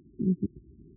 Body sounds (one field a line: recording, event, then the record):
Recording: neck accelerometer signal played as sound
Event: no cough (speech, laughter, throat clearing or background)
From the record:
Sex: female